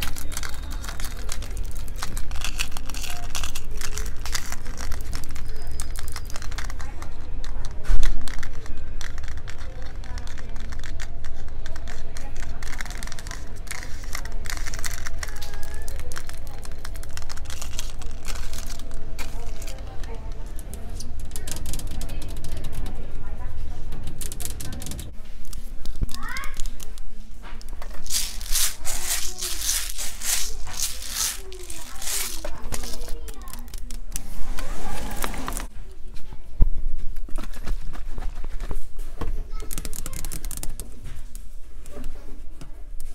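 Crinkly handling sounds and light tapping clicks run densely over low indoor hum, with brighter rustling bursts after about twenty-five seconds.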